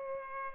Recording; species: mosquito wingbeat signal from an infrared sensor; Culex pipiens